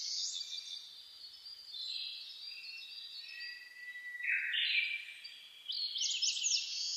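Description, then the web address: Bird chorus of overlapping high warbles and whistled notes, several singers at once, with a louder bright trill toward the end. Dawn chorus birdsong recorded on 10 May 2010, at 04:01. "sounds data 2010 reimei DH-D 50-saezuri-20100510-0401"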